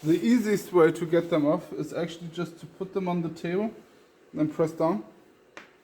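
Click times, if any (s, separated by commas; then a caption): 5.6 s. Someone talks while a small metal E-clip (circlip) on a carburetor jet needle from a racing lawn mower is pressed off its groove, with the needle laid on a table and pushed down so the clip can be moved one step up and the needle sits further down in the carburetor. A little click sounds at 5.6 s as the clip pops free and comes off.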